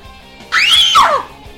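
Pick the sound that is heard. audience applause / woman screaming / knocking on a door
woman screaming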